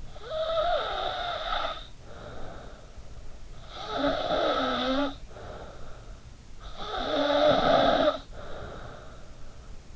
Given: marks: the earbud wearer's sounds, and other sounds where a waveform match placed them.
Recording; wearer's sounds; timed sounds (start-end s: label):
sounds in sleep by an in-ear microphone; snoring breath
0.00-3.20 s: snoring breath
3.40-6.28 s: snoring breath
6.46-9.51 s: snoring breath